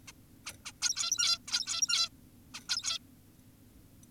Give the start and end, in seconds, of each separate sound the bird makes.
0.08-0.12, 0.46-0.53, 0.66-0.72, 0.82-1.39, 1.48-2.09, 2.54-2.61, 2.69-2.99